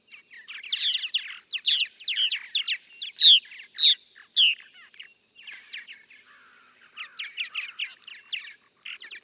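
Purple martin pours out rapid chirps and croaky gurgles, a couple of louder notes near three seconds, then softer chatter.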